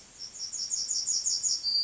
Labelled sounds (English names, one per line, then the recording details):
Yellowhammer song
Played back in grassland
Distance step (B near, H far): C
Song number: 048